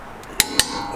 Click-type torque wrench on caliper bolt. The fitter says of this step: the clicks there it is just like that super simple